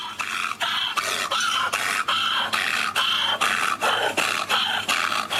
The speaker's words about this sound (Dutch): Is dit een Aziatische ezel? Ja, is dit een onno-nager die ze dan lokaal zo noemen. Ja? Ja. Het is een vrij intens geluid overigens.